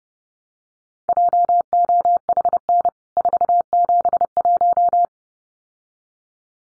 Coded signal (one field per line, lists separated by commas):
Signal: Morse code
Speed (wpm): 30 wpm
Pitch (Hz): 700 Hz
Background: none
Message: JOHN 471